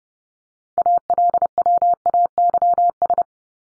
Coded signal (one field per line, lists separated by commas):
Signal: Morse code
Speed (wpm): 30 wpm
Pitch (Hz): 700 Hz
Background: none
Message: ALWAYS